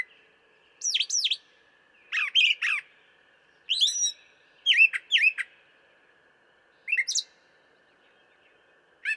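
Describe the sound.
Brown thrasher song of sharp slurred whistles, phrases mostly given in pairs, with short gaps between them and a faint steady tone behind.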